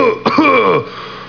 Coughing.